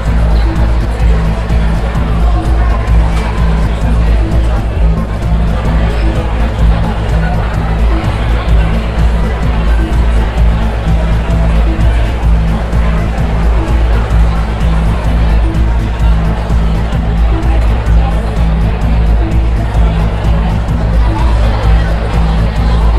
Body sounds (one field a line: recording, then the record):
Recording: background sound without coughing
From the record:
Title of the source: Party Noise 1 Hour Party Ambience